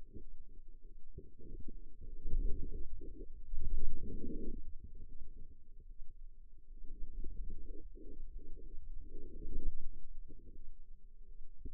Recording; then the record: forearm muscle sounds (acoustic myography)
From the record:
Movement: radial deviation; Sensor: system 2, bracelet of six BSWA MPA416 microphones around the upper forearm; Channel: 2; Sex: female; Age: 23 years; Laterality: right